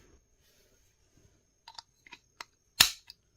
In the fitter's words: just like that. They'll snap in place.